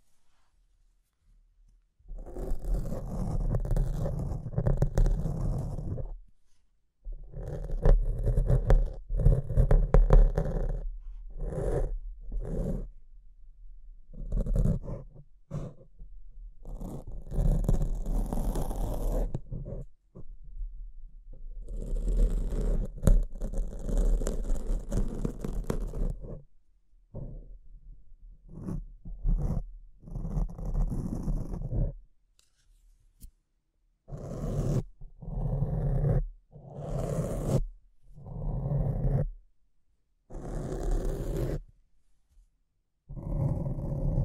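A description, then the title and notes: Harsh microphone scratching in long rough bursts, dense and grinding with a constant low rumble, then shorter choppy strokes separated by brief silences near the end. ASMR Brain Melting Mic Scratching (No Talking).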